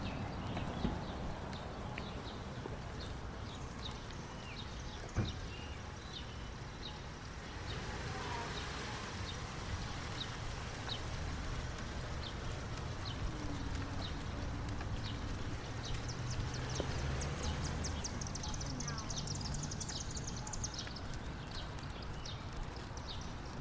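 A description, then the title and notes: Walking through Capitol Hill toward Eastern Market: a steady street murmur with voices, frequent bird chirps, and a sharp knock near five seconds. Sounds of Eastern Market and Capitol Hill. A walk through Capitol Hill to pick up a baguette at Eastern Market.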